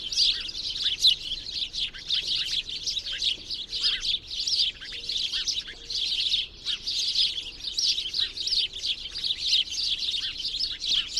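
Bird gives shrill, fast chirps in a constant stream.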